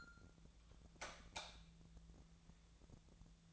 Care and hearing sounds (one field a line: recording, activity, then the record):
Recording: daily activity, microphone in the room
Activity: light off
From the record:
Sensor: 3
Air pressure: 999.9 hPa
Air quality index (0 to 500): 123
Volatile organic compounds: 2 ppm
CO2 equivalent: 1103 ppm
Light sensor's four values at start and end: 46/118/50/55 and 44/110/47/52